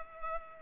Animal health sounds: mosquito wingbeat signal from an infrared sensor; Culex pipiens

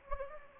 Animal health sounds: mosquito wingbeat signal from an infrared sensor; Anopheles gambiae

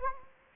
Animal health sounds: mosquito wingbeat signal from an infrared sensor; Anopheles gambiae

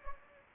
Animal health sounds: mosquito wingbeat signal from an infrared sensor; Anopheles gambiae

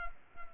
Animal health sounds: mosquito wingbeat signal from an infrared sensor; Culex pipiens

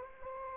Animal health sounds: mosquito wingbeat signal from an infrared sensor; Anopheles arabiensis

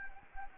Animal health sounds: mosquito wingbeat signal from an infrared sensor; Anopheles gambiae

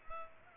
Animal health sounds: mosquito wingbeat signal from an infrared sensor; Culex pipiens

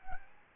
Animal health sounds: mosquito wingbeat signal from an infrared sensor; Aedes albopictus

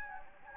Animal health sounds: mosquito wingbeat signal from an infrared sensor; Anopheles gambiae

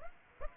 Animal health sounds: mosquito wingbeat signal from an infrared sensor; Aedes aegypti

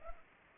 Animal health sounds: mosquito wingbeat signal from an infrared sensor; Culex pipiens

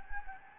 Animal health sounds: mosquito wingbeat signal from an infrared sensor; Anopheles gambiae

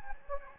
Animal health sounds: mosquito wingbeat signal from an infrared sensor; Anopheles gambiae

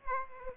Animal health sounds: mosquito wingbeat signal from an infrared sensor; Aedes aegypti

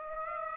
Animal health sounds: mosquito wingbeat signal from an infrared sensor; Aedes aegypti

